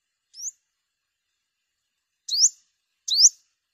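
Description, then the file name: Sunbird calls: one faint rising chirp, a pause, then two louder high upward-swept chirps close together. "tieng-hut-mat-5-mau-liu"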